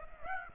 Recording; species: mosquito wingbeat signal from an infrared sensor; Aedes aegypti